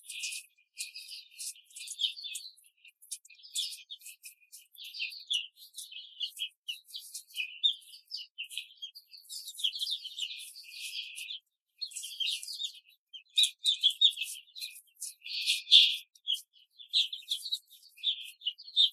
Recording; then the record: young laying hens in a cage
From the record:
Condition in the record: control cage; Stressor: none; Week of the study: 5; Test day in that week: 1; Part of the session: 1